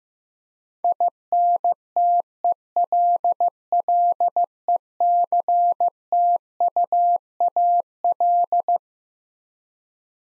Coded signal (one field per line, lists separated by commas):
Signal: Morse code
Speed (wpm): 15 wpm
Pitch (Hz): 700 Hz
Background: none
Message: INTELLECTUAL